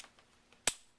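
An empty steel magazine is inserted into the pistol grip of an FN Browning M1922 .32 ACP pistol for a functions check. Two faint, soft taps at about 0.2 s and 0.5 s are followed by one loud, sharp metallic click at 0.7 s that quickly dies away. The magazine seats.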